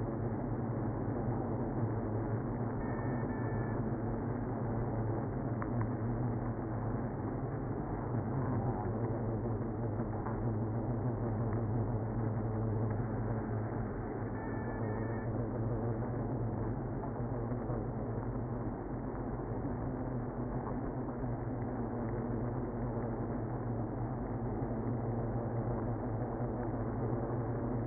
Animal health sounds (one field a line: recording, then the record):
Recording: honeybee colony, microphone inside the hive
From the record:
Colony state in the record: queenless (queen removed)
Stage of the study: after two queens were removed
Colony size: about 60,000 bees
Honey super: yes